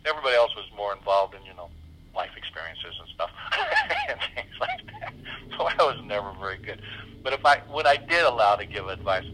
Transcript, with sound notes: Everybody else was more involved in you know, life experiences and stuff, and things like that. (laughs) So I was never very good. But what I did a lot of give advice,